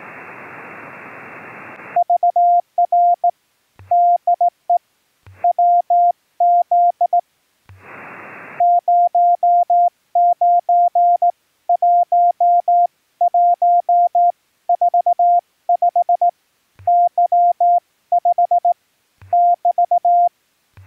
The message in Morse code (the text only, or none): VR DE WZ 091145 Y5 <BT>